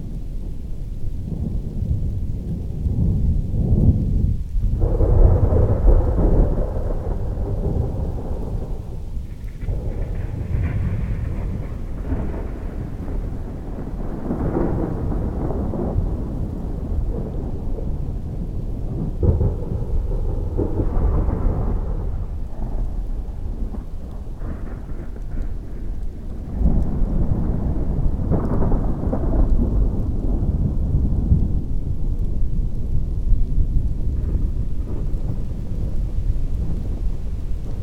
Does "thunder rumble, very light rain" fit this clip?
yes